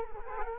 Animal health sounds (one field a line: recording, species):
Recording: mosquito wingbeat signal from an infrared sensor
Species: Culex quinquefasciatus